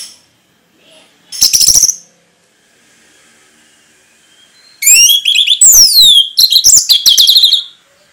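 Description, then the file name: Orange-headed thrush song: a short harsh burst, then a longer run of sweeping downslurred whistles and scratchy chatter. Orange-headed thrush (anis merah) singing gacor (in full, persistent song) in the ngeplong style. "anis merah gacor ngeplong"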